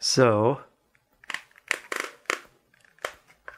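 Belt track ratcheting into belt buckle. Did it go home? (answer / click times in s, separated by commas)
yes / 1.7 s, 2.3 s, 3.1 s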